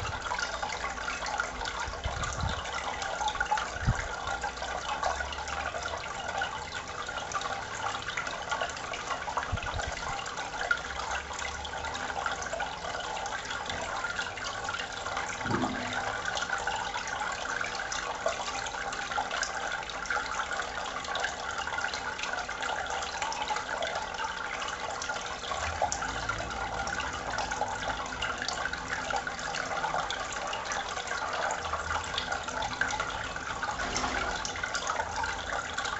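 Water runs steadily throughout, a dense, even rush with no pauses, concentrated in the middle and upper range like a tap or stream. Occasional soft low thumps break through, near the start, around ten seconds and mid-clip, while the level stays constant.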